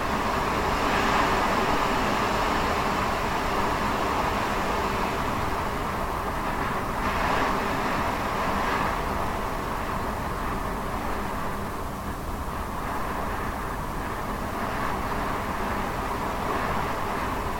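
Wind roars steadily and densely throughout, a deep rumble with a hissing upper layer. Brighter gusts swell around seven to nine seconds and again near fifteen, but the overall loudness barely changes and no separate sounds stand out.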